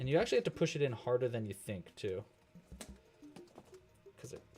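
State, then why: Not seated. Someone talks while pressing the small metal second hand of a quartz clock movement onto the center spindle, pushing harder than expected, with a few faint light taps and handling sounds in the quieter second half. Nothing has seated or clicked yet; the second hand is still not home when the clip ends.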